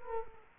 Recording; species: mosquito wingbeat signal from an infrared sensor; Culex quinquefasciatus